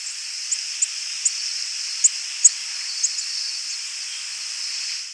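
Tennessee warbler calls: several very high, thin chip notes given irregularly over a steady hissing background.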